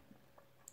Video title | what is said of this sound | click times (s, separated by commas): \m/ présentation myth cloth ex shura du capricorne S.O.G \m/ | la système pour monter le corps vous voyez vous entendez le clic vous montez le corps est | 0.7 s